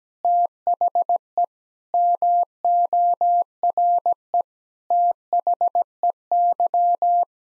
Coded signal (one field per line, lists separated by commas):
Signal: Morse code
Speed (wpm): 17 wpm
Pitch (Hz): 700 Hz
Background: none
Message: THE MORE THEY